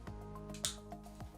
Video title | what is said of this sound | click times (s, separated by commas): A&A Manufacturing Gamma 4 Pop Up Head Collars - Overview | then it actually snaps into place now | 0.7 s